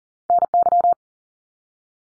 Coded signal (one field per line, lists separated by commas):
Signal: Morse code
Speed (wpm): 40 wpm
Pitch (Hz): 700 Hz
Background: none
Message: NY